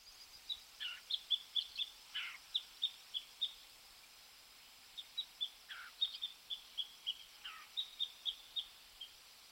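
Tit calling: faint runs of short, high, thin notes in quick series, interspersed with a few brief descending strokes, with one pause between two bursts.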